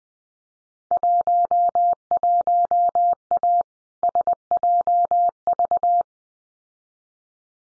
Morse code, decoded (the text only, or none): 11A SJV